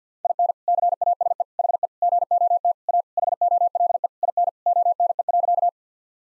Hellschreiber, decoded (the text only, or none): none